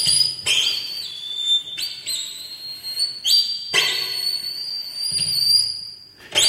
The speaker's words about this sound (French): Son sifflement est plutôt décrit comme particulièrement malaisant.